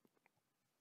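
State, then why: Not seated. The ball end of a white plastic plunger is handled at the back of a plastic titration buret from a DEXSIL Clor-D-Tect Q4000 kit, where it fits through a rubber gasket with a hole. A few faint, soft plastic taps and rubs sound at about 0.1, 0.2, 0.3 and 0.4 s over a quiet background. Nothing has seated or clicked yet.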